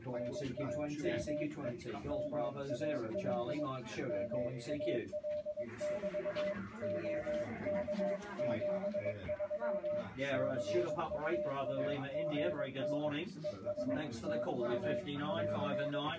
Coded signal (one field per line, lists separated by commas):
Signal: Morse code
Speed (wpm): 21 wpm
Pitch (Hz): 590 Hz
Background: speech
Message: NAME MAL MAL<BT> OK73 CUAGN ES TU <AR>